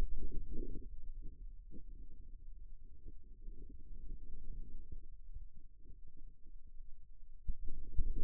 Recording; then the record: forearm muscle sounds (acoustic myography)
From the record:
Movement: radial deviation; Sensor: system 2, bracelet of six BSWA MPA416 microphones around the upper forearm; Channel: 5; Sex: male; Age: 22 years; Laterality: right